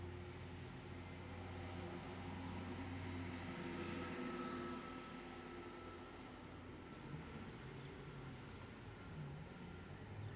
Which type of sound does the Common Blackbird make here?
song